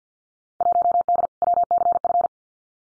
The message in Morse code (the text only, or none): 1D WCF